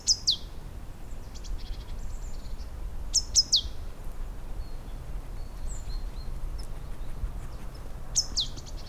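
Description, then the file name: Great tit giving crisp high chirps that drop steeply in pitch, in three separated bursts of a few notes, with low background noise throughout. "Parus major"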